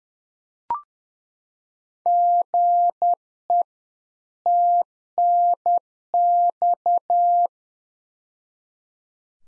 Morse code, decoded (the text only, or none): GE TNX